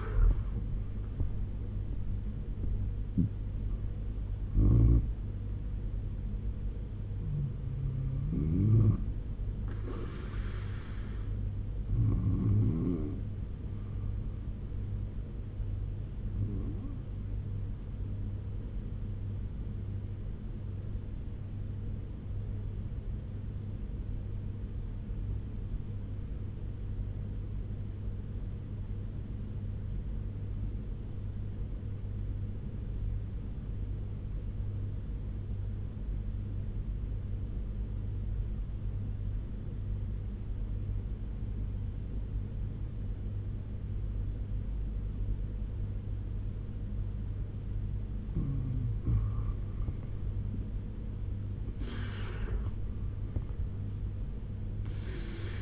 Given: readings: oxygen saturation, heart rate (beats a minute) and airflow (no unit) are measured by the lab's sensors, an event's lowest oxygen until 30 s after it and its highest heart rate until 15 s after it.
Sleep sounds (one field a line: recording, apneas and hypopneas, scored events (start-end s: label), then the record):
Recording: breathing in sleep by a smartphone at the bedside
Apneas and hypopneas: 1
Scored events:
10.00-55.62 s: new sleep stage, N1 (lightest sleep)
22.00-50.30 s: obstructive apnea (N1, oxygen 97% highest, then 87% lowest, heart rate 72 at the start, 88 highest)
From the record:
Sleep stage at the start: N2 (light sleep)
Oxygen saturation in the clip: 88 to 97%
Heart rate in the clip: 69 to 88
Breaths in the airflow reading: 6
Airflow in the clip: -7.8 to 12.9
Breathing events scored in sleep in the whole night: 201 in 6.5 hours asleep